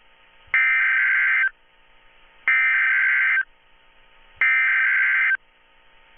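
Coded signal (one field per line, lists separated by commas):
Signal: Emergency Alert System (SAME) tones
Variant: header bursts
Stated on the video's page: EAS bulletin tones for a Florida flash flood warning from a hurricane.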